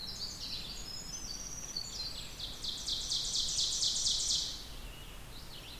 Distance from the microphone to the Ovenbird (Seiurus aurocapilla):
about 45 m